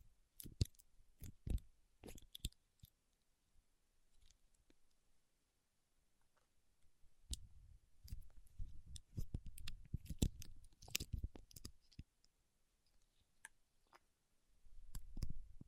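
Paraffin wax being tapped, peeled and scratched, heard as sharp, crisp clicks and snaps scattered irregularly through the clip. A quieter, sparse stretch near the middle gives way to denser clusters of crackling taps and low rubbing from about seven to twelve seconds, returning again at the end.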